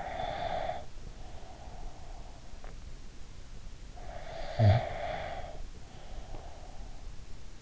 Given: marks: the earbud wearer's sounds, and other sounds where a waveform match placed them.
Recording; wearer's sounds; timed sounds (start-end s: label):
sounds in sleep by an in-ear microphone; breath, snoring breath
0.00-2.72 s: breath
3.94-6.78 s: snoring breath